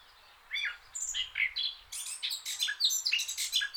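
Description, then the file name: Eurasian blackcap song, a dense, rapid warble of scratchy and clear notes that grows busier after a short quiet start. "Sylvia atricapilla"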